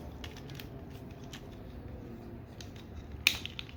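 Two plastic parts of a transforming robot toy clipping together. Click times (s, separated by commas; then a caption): 3.3 s. Two plastic parts of a transforming robot toy figure, from the Transformers Legacy Evolution line, are clipped together against quiet background handling noise. They seat with a loud, sharp click at 3.3 s, followed by a fainter tick at 3.5 s.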